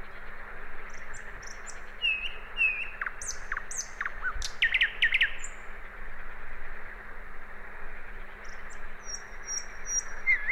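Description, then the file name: Common nightingale song: varied whistled and buzzy phrases with sharp rising notes, high thin notes above, over a steady low hum and background hiss. "Luscinia megarhynchos"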